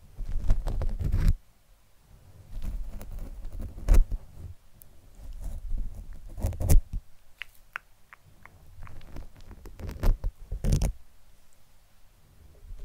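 Soft scratching and touching on a fluffy mic, with muffled rubbing bursts, crisp plucks and brief silences between irregular patches of activity.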